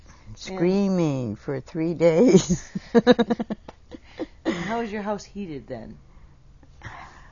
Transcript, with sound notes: Screaming for three days. (laughs)
How was your house heated then?
Ah...